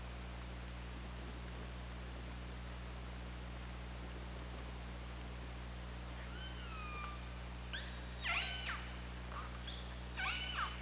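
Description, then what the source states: Killer whale calls, a rising-then-falling whistle-like call followed by several harsh harmonic pulsed calls in the second half, over constant low droning hum. Recorded on the OrcaLab hydrophone, 24 August 2017 at 21:38:47.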